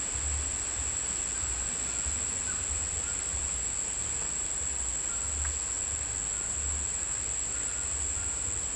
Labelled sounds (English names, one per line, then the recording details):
none
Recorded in dense forest near Puerto Asís, Putumayo, Colombia, on 22 December 2024 at 17:30
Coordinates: 0.486, -76.317
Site G003